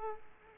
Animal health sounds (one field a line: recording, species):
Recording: mosquito wingbeat signal from an infrared sensor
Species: Aedes aegypti